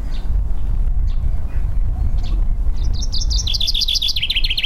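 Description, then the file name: Common chaffinch starting a fast series of sharp, repeated notes midway that step gradually lower in pitch, heard over a constant low background hum. "Fringilla coelebs"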